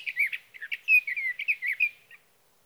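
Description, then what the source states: Sage thrasher pouring out a fast, rambling warble of sliding whistled notes that fades out after about two seconds. Male singing through the night near his night roost, evening of June 12 to morning of June 15, 2018, Sierra Valley, California; Swift recorder.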